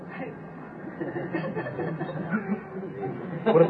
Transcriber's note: laughter